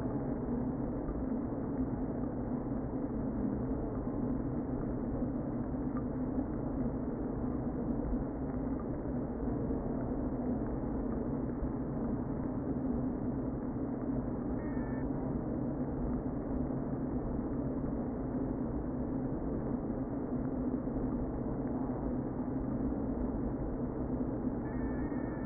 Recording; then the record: honeybee colony, microphone inside the hive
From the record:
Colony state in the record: queen present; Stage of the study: before two queens were removed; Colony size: about 60,000 bees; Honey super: yes